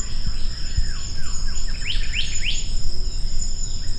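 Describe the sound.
Maratua monarch giving three short rising whistles in quick succession, with a continuous high-pitched insect drone and low rumble underneath.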